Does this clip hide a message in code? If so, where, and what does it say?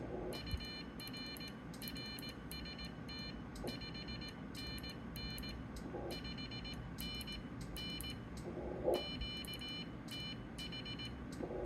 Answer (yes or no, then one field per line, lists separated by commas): yes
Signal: Morse code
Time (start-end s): 0.3-11.1 s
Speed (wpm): 18 wpm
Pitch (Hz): 3000 Hz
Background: none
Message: UR RST 5NN 5NN QTH